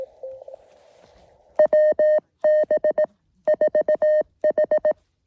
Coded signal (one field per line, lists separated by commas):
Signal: Morse code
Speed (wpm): 18 wpm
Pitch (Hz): 610 Hz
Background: none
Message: WB4H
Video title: KD2YDN activates W2/GC-115 Red Hill QRP SOTA